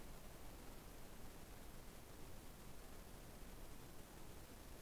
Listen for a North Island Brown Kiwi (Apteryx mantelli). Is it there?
no